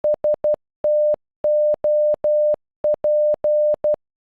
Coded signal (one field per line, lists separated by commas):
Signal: Morse code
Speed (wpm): 12 wpm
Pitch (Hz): 600 Hz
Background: none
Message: STOP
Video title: Stop in Morse code